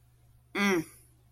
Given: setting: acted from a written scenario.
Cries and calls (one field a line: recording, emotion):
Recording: vocal sound without words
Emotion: contempt